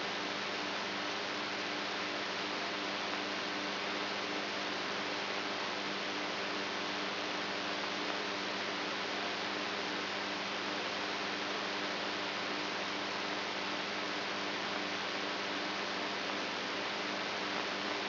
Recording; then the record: brain microelectrode recording played as sound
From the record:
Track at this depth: inside the subthalamic nucleus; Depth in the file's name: 3.916 mm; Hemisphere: right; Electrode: 3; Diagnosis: Parkinson's disease